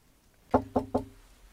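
Three firm knocks on a door in a quick, even rhythm, each a sharp woody thud with a short ring after it. No voices, only faint background hiss.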